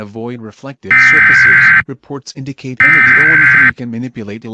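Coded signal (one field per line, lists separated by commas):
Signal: Emergency Alert System (SAME) tones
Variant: header bursts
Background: speech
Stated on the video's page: Fictional alternate-world scenario made with EAS Maker.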